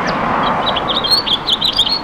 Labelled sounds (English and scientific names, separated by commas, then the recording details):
House Finch (Haemorhous mexicanus) song
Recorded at Westbury on Long Island, New York, on 27 May 2013
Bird A